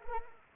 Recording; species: mosquito wingbeat signal from an infrared sensor; Anopheles arabiensis